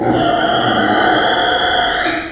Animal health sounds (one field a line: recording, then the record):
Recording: squeal of a Yucatan mini pig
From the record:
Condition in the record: before surgery on the right vocal fold (resection and tissue-engineered implant)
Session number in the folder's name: 3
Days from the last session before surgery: 0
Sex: female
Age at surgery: 19 weeks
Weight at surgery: 25 kg